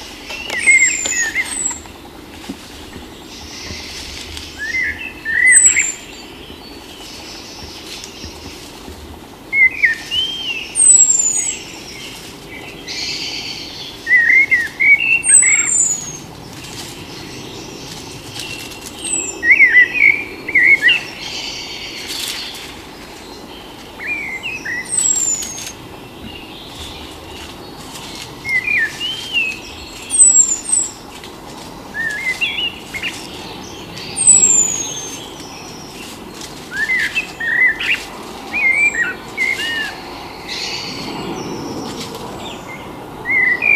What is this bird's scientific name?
Turdus merula